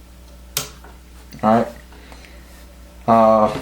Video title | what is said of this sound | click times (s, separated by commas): Spikes Tactical AR15 Build | and then if you push it this way it locks into place | 0.6 s